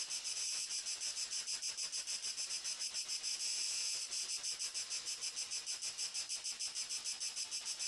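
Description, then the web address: Cricket chorus of high, shrill pulsed chirps repeating roughly three times a second, briefly smoothing into a steadier hiss before the pulsing returns. "sonniss-gdc-audio crickets"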